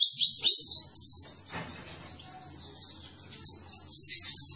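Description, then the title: White-eye song of high, thin twitters, loud at the start and end with a quieter, trailing passage in the middle. Cage-bird training recording (masteran) of a vigorously singing (gacor) white-eye. "Pleci Gacor. Masteran Burung PLECI"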